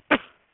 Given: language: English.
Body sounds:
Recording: throat vibration sensor signal played as sound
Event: cough

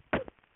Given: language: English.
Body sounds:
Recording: throat vibration sensor signal played as sound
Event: cough

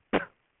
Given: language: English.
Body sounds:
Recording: throat vibration sensor signal played as sound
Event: cough

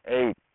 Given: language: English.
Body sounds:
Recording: throat vibration sensor signal played as sound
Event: speech

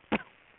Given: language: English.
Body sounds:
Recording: throat vibration sensor signal played as sound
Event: cough

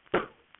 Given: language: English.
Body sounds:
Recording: throat vibration sensor signal played as sound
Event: cough

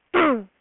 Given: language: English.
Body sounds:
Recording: throat vibration sensor signal played as sound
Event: throat clearing

